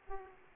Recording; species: mosquito wingbeat signal from an infrared sensor; Aedes aegypti